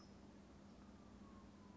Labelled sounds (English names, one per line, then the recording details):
California Towhee
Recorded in Sonoma County, California